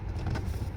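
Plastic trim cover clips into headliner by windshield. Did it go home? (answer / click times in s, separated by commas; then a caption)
no / none. A plastic trim cover near the windshield of a Tesla is worked up into the headliner by hand so its small plastic clips can snap in. Only a steady low rumble with faint rustling handling noise is heard, with no sharp clicks. Nothing has seated or clicked yet.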